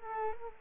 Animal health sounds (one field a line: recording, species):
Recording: mosquito wingbeat signal from an infrared sensor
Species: Culex quinquefasciatus